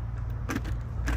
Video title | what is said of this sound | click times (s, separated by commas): Scorpion EXO 1400 carbon - 2022 - kicsomagolás | Abszolút halljátok ezt a kattanást? | 0.5 s, 1.1 s